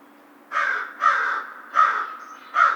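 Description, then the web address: American crow calling with four rough caws, the pauses between them slightly uneven. Recorded 2 March 2010. "Crow 2010 03 02 American Crow"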